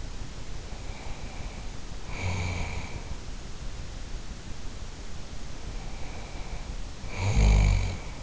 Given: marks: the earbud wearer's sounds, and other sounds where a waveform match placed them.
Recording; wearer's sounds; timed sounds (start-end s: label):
sounds in sleep by an in-ear microphone; snoring breath
0.64-3.15 s: snoring breath
5.52-8.22 s: snoring breath